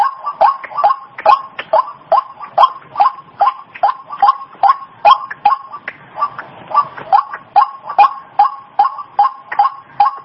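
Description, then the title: White-breasted waterhen uttering repeated hoarse croaking notes at an even rhythm, slightly uneven in loudness, with faint background rustle around the sixth second. Female bird; a lure call used for attracting waterhens. "Suara Pikat Ruak Ruak Betina"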